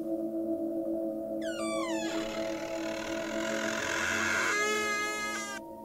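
A wooden window shutter creaking open: a long, high-pitched creak that glides and wavers like wooden hinges straining, swelling into a sustained squeal before rising again at the end, over a steady low hum.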